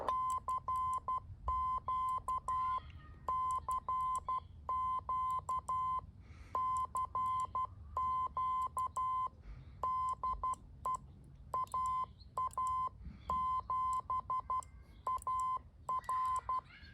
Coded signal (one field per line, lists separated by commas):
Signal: Morse code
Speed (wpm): 12 wpm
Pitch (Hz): 1030 Hz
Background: none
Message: CQ CQ CQ DE AA7AR